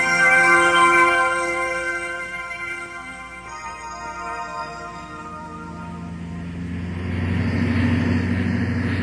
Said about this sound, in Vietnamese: Đêm đó có lúc giật mình tỉnh giấc, tôi nghe tiếng xe cộ quần đi quần lại nhiều lần, đèn pha loang loáng.